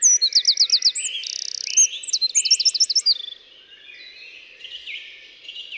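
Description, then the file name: Eurasian wren singing a fast, high-pitched sequence of sharp notes, a buzzy rattle and rapid trills for about three seconds, followed by fainter trilling. "Troglodytes troglodytes"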